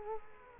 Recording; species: mosquito wingbeat signal from an infrared sensor; Culex quinquefasciatus